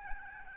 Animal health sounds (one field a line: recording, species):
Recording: mosquito wingbeat signal from an infrared sensor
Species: Aedes albopictus